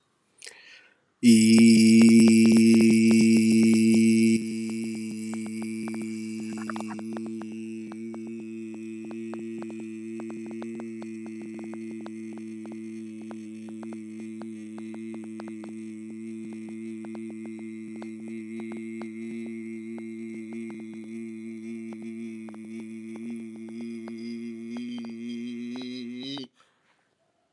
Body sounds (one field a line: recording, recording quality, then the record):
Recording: sustained vowel as in beet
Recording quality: excellent, no background noise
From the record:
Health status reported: healthy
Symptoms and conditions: none ticked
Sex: male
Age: 39 years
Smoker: yes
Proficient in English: yes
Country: India